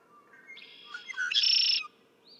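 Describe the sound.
Red-winged blackbird song, with soft clucking intro notes building into a loud, rasping, buzzy trill held for about half a second.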